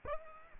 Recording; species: mosquito wingbeat signal from an infrared sensor; Aedes aegypti